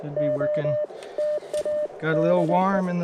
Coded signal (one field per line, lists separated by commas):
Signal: Morse code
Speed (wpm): 20 wpm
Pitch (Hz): 600 Hz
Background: speech, radio noise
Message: OTA DE